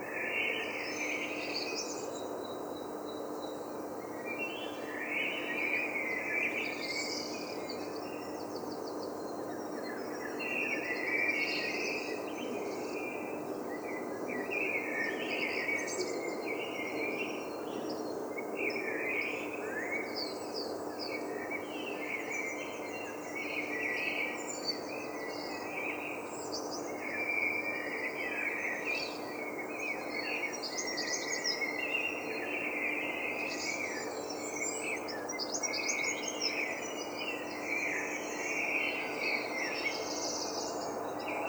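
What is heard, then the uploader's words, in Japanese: A London dawn chorus: dense, overlapping bright chirps and trills from many birds throughout, over a steady high insect-like whine and low hum. ドーンコーラス: 鳥たち。ロンドンの夜明けのコーラス。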